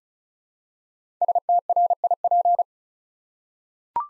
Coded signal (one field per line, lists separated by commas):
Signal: Morse code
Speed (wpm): 36 wpm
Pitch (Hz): 700 Hz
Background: none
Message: STRIP